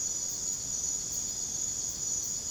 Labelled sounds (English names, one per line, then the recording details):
none
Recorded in secondary vegetation near Puerto Asís, Putumayo, Colombia, on 21 December 2024 at 22:30
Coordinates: 0.489, -76.322
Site G059